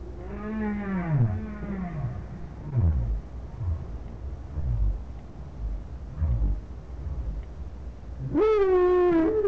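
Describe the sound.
Whale calls: two falling moans, then several short low downswept grunts, ending in a sudden loud rising and falling wail.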